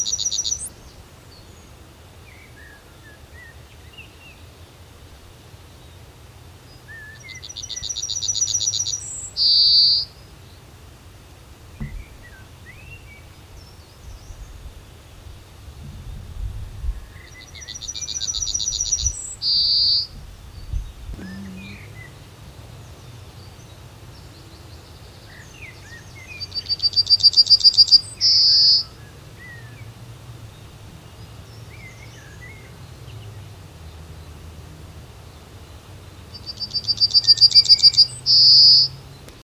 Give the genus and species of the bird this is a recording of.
Emberiza citrinella